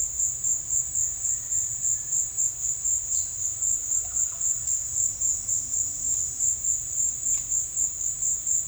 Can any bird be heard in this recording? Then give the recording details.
no. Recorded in secondary vegetation near Puerto Asís, Putumayo, Colombia, on 23 June 2025 at 15:30. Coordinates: 0.498, -76.327. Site GP09